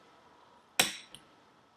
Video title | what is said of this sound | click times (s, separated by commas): Adding a drop rod to a Fantasia ceiling fan using a conversion kit | clicks in on the hanging bracket | 0.8 s